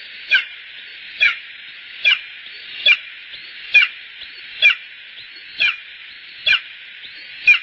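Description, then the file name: Bonelli's eagle calling with a regular run of nine brief, piercing yelps spaced under a second apart against a steady hiss. "aigle de bonelli"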